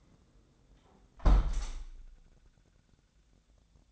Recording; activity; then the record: daily activity, microphone in the room; close window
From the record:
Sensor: 3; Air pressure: 1012.3 hPa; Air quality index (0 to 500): 129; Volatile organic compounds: 2 ppm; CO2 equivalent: 999 ppm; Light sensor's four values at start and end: 174/416/170/157 and 174/419/171/157